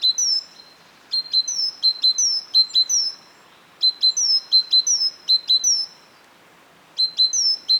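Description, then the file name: Great tit giving strings of high, clipped two-part notes in rapid rhythmic bursts separated by brief silences. "Parus major"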